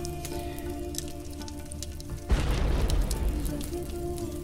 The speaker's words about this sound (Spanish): Ríos y ríos. Suena como un río de agua, pero con el crujir del fuego. Chisporrotea.